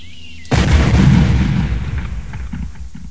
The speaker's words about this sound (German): Der Wagen mit ihr drin ist einfach explodiert. Bumm.